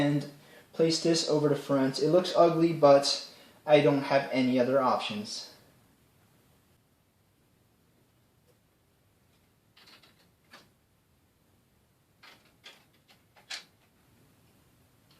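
Someone talks for the first few seconds, then faint, brief handling taps and rustles follow between about 9.8 and 13.5 seconds as the CPU power cable from a Cooler Master 1000 watt modular power supply is routed to the motherboard in an NZXT Phantom 410 case. The plastic connector has not yet seated or clicked into the CPU power header.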